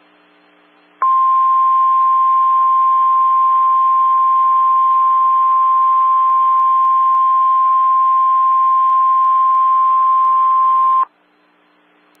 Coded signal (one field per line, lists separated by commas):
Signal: Emergency Alert System (SAME) tones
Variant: 1050 Hz attention tone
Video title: RARE PDS Tornado Watch (EAS #448)